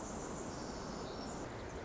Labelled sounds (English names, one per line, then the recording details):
Pacific Wren
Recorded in Sonoma County, California